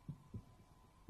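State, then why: Not seated. A necklace clasp tongue is pushed toward its clasp box rather than squeezed. Soft low thumps of handling come at about 0.1, 0.35 and 1.1 seconds over a faint steady hum. Nothing has seated or clicked shut yet.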